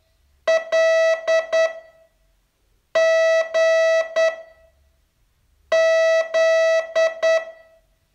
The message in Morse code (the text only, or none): L G Z